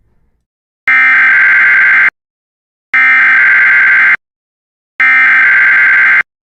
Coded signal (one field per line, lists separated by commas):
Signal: Emergency Alert System (SAME) tones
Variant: header bursts